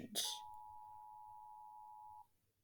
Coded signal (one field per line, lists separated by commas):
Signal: Emergency Alert System (SAME) tones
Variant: 853 and 960 Hz attention tone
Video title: reacting to rating EAS alarms